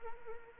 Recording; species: mosquito wingbeat signal from an infrared sensor; Anopheles arabiensis